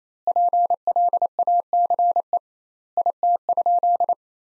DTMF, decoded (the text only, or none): none